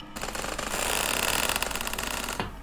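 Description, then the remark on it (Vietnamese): The hinges of a main door creak as it slowly swings open, a long harsh grinding screech with a rapid rattling texture that swells and holds for a couple of seconds before stopping abruptly. “Bỗng cánh cửa chính từ từ mở ra, tiếng bản lề rít lên ken két đến rợn cả người.”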